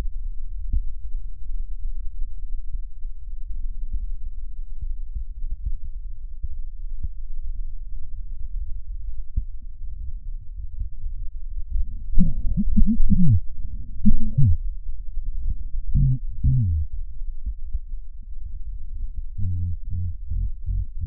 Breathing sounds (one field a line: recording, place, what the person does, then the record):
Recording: lung sounds by stethoscope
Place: left posterior apical chest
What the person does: quiet breathing, then cough and speech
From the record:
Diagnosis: none (healthy)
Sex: male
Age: 34 years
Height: 174 cm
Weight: 93 kg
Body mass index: 30.7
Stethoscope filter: bell mode